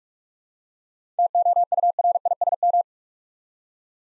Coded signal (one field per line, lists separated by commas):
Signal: Morse code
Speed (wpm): 44 wpm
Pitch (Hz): 700 Hz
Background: none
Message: TOURISM